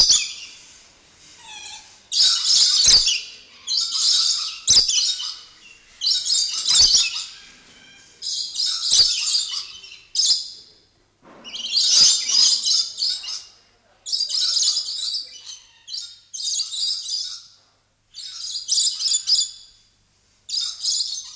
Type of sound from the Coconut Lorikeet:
call